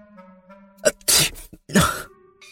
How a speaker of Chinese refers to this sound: 唐大人打了个喷嚏，眼泪都快出来了，视线变得朦朦胧胧，鼻子还直发痒，看上去越发可怜了。